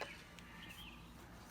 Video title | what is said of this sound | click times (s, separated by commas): How to Repair a Casement Window Crank Operator | you can feel it it just pops right back in | 0.4 s